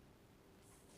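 A plastic extension tube is handled at the hose handle of a Miele Blizzard CX1 Cat and Dog Hair vacuum, about to be pushed on. Only a low, steady hiss with faint rustling is heard, with no sharp sounds. Nothing has seated or clicked yet.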